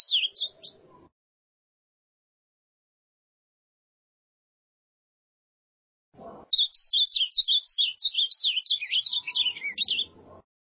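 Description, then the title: Ultramarine grosbeak singing: a short warbled snippet, a long silence, a soft thump, then a full rapid phrase of bright, tumbling whistled notes. "Azulao"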